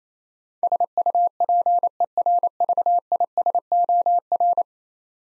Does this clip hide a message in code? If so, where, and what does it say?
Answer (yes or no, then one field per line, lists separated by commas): yes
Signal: Morse code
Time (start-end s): 0.6-4.6 s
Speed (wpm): 28 wpm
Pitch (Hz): 700 Hz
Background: none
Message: SUPERVISOR